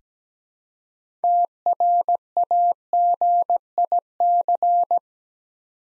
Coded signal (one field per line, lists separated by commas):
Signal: Morse code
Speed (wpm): 17 wpm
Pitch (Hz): 700 Hz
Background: none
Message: TRAGIC